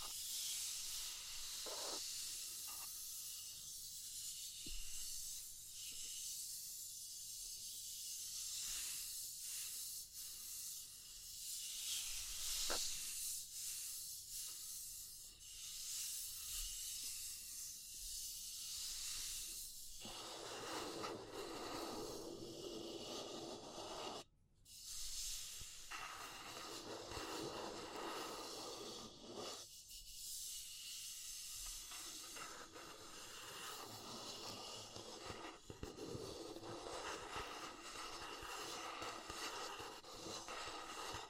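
Dry scratching and rustling on wood, bamboo and straw, a steady bright hiss that grows fuller after twenty seconds, with brief pauses.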